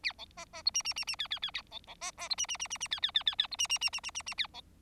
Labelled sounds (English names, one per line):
Bengalese Finch song